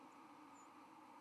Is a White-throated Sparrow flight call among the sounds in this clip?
no